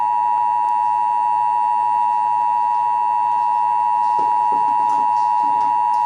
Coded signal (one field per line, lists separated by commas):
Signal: Emergency Alert System (SAME) tones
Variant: 853 and 960 Hz attention tone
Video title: (EAS #405) Severe Thunderstorm Warning (WBAP-AM)